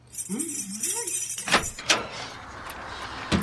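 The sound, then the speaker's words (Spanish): A voice murmurs briefly, then keys jangle with a few sharp metallic clicks as the door lock of a consulting office is worked, the clatter fading into a faint hiss before one last click. “¿Dónde están mis llaves? Acá está. ¿Cuál será la puerta?”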